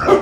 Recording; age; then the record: pig call; growing-finishing pig (85 days or more)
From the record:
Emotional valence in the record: positive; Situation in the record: run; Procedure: transit